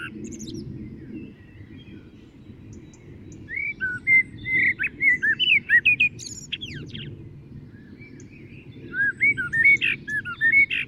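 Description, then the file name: Common blackbird song starting after a few seconds of low rumble: fluty warbled phrases, some closing with thin high squeaks, then a pause and another phrase. "Turdus merula"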